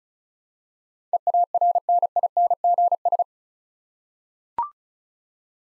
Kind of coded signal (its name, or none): Morse code